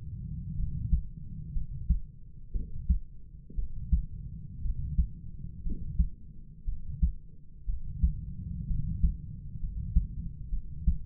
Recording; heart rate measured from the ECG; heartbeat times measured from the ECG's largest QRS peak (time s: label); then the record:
heart sounds by stethoscope; 60 bpm
0.56 s: heartbeat
1.53 s: heartbeat
2.52 s: heartbeat
3.55 s: heartbeat
4.62 s: heartbeat
5.63 s: heartbeat
6.65 s: heartbeat
7.66 s: heartbeat
8.67 s: heartbeat
9.60 s: heartbeat
10.50 s: heartbeat
From the record:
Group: healthy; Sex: male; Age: 25 years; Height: 170 cm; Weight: 70.4 kg